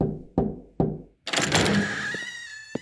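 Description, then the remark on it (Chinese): Three firm, evenly spaced knocks on a wooden door as Harry knocks on Snape's office door in Harry Potter, followed by the door swinging open with a long rising creak and a soft thump at the end. “哈利敲门走进那间熟悉而讨厌的办公室时，斯内普说”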